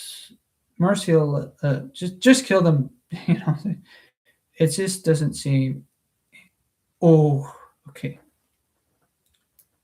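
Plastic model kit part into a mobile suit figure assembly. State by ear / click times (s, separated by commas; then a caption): not seated / none. Someone talks while pressing a plastic Gundam model kit part onto a mobile suit figure assembly. Only faint ticks are heard near 9.3 s and 9.6 s. The part has not snapped into place yet.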